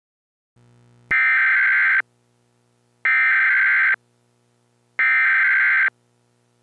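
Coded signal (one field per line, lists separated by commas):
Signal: Emergency Alert System (SAME) tones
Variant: header bursts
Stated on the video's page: Fictional mock scenario made for entertainment, not a real alert, though it uses valid EAS tones.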